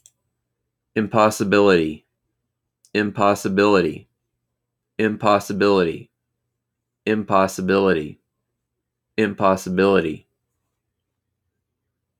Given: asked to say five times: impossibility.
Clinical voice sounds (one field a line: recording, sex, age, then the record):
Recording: repeated word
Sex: male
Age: 30 to 39 years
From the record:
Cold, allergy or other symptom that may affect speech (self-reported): no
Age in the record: 38 years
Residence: Texas, United States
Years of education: 16